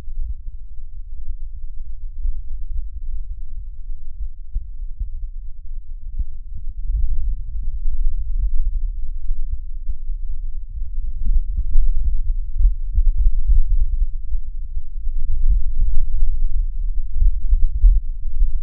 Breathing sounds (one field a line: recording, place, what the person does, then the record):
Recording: lung sounds by stethoscope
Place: left anterior apical chest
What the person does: quiet breathing, then deep breathing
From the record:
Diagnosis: interstitial lung disease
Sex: male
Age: 75 years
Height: 167 cm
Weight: 68 kg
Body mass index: 24.4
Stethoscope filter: bell mode